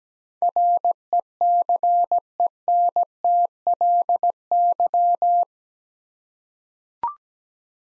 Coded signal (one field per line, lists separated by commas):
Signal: Morse code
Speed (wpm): 17 wpm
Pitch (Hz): 700 Hz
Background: none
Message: RECENTLY